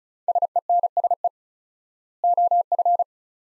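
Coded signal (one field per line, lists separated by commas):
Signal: Morse code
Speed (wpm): 36 wpm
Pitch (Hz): 700 Hz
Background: none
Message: SENSE OF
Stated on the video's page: Morse practice at 35 wpm sending two-word sets with 4x word spacing, a Farnsworth-like method applied to words; each set is sent, spoken, then sent again.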